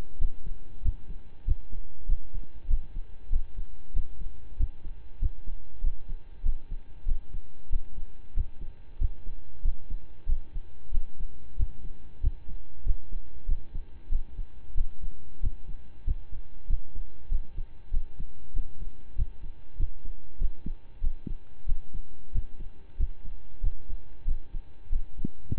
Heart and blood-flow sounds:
heart sounds by stethoscope; between the tricuspid and mitral areas; 95 bpm
0.18 s: heartbeat
0.82 s: heartbeat
1.44 s: heartbeat
2.06 s: heartbeat
2.67 s: heartbeat
3.29 s: heartbeat
3.93 s: heartbeat
4.56 s: heartbeat
5.19 s: heartbeat
5.81 s: heartbeat
6.42 s: heartbeat
7.05 s: heartbeat
7.69 s: heartbeat
8.33 s: heartbeat
8.98 s: heartbeat
9.62 s: heartbeat
10.26 s: heartbeat
10.91 s: heartbeat
11.56 s: heartbeat
12.20 s: heartbeat
12.83 s: heartbeat
13.45 s: heartbeat
14.09 s: heartbeat
14.74 s: heartbeat
15.40 s: heartbeat
16.04 s: heartbeat
16.66 s: heartbeat
17.28 s: heartbeat
17.90 s: heartbeat
18.53 s: heartbeat
19.15 s: heartbeat
19.76 s: heartbeat
20.38 s: heartbeat
21.00 s: heartbeat
21.65 s: heartbeat
22.31 s: heartbeat
22.96 s: heartbeat
23.60 s: heartbeat
24.24 s: heartbeat
24.89 s: heartbeat
25.54 s: heartbeat
From the record:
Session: slow and fast walking with breaks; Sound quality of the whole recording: saturated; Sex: male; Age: 25 years

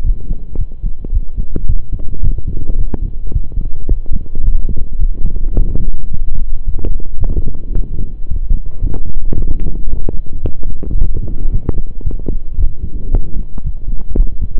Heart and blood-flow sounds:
heart sounds by stethoscope; between the tricuspid and mitral areas; 110 bpm
0.05 s: heartbeat
0.59 s: heartbeat
1.13 s: heartbeat
1.68 s: heartbeat
2.23 s: heartbeat
2.78 s: heartbeat
3.34 s: heartbeat
3.89 s: heartbeat
4.44 s: heartbeat
5.00 s: heartbeat
5.56 s: heartbeat
6.12 s: heartbeat
6.67 s: heartbeat
7.21 s: heartbeat
7.75 s: heartbeat
8.29 s: heartbeat
8.82 s: heartbeat
9.36 s: heartbeat
9.89 s: heartbeat
10.43 s: heartbeat
10.98 s: heartbeat
11.52 s: heartbeat
12.05 s: heartbeat
12.59 s: heartbeat
13.12 s: heartbeat
13.65 s: heartbeat
14.17 s: heartbeat
From the record:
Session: pedaling a stationary bicycle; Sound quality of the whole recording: saturated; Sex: male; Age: 23 years

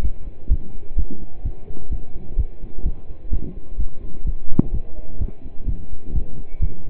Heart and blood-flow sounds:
heart sounds by stethoscope; between the tricuspid and mitral areas; 128 bpm
0.03 s: heartbeat
0.50 s: heartbeat
0.98 s: heartbeat
1.45 s: heartbeat
1.91 s: heartbeat
2.38 s: heartbeat
2.85 s: heartbeat
3.32 s: heartbeat
3.79 s: heartbeat
4.26 s: heartbeat
4.73 s: heartbeat
5.20 s: heartbeat
5.67 s: heartbeat
6.14 s: heartbeat
6.61 s: heartbeat
From the record:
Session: pedaling a stationary bicycle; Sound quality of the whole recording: partially saturated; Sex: male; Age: 27 years

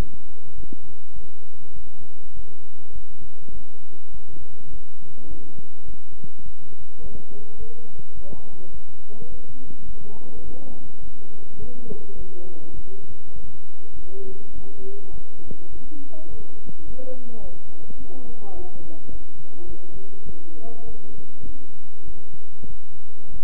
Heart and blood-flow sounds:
heart sounds by stethoscope; between the tricuspid and mitral areas; 103 bpm
0.56 s: heartbeat
1.14 s: heartbeat
1.74 s: heartbeat
2.35 s: heartbeat
2.93 s: heartbeat
3.53 s: heartbeat
4.12 s: heartbeat
4.71 s: heartbeat
5.29 s: heartbeat
5.86 s: heartbeat
6.44 s: heartbeat
7.02 s: heartbeat
7.58 s: heartbeat
8.15 s: heartbeat
8.72 s: heartbeat
9.30 s: heartbeat
9.86 s: heartbeat
10.44 s: heartbeat
11.01 s: heartbeat
11.60 s: heartbeat
12.17 s: heartbeat
12.75 s: heartbeat
13.34 s: heartbeat
13.95 s: heartbeat
14.53 s: heartbeat
15.12 s: heartbeat
15.71 s: heartbeat
16.29 s: heartbeat
16.86 s: heartbeat
17.42 s: heartbeat
17.98 s: heartbeat
18.55 s: heartbeat
19.11 s: heartbeat
19.67 s: heartbeat
20.26 s: heartbeat
20.86 s: heartbeat
21.45 s: heartbeat
22.06 s: heartbeat
22.68 s: heartbeat
23.32 s: heartbeat
From the record:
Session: bicycle stress test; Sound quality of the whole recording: good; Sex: male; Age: 23 years

